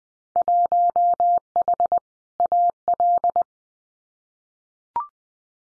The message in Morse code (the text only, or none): 1H AL